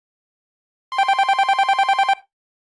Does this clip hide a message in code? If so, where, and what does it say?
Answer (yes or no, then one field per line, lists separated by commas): no